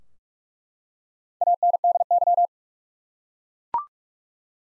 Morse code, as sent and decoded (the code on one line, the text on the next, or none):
.- -. -.. -.--
ANDY